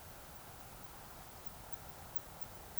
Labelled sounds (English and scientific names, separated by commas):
Eurasian Woodcock (Scolopax rusticola) whistle